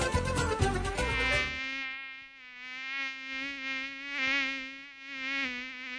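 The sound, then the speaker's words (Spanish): A thin, close mosquito whine drones steadily for several seconds, its pitch wavering slightly, right after a short burst of louder, rougher noise at the start. “Radio sin mosquitos. Sin mosquitos.”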